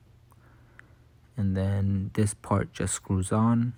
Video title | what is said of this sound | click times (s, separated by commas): Samsung Odyssey G5 Unboxing | you'll hear a click | 0.8 s